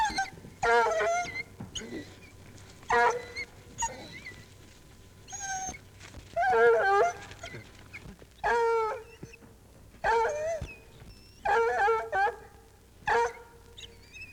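Bloodhound baying in mournful, wavering bays, several howls separated by short pauses.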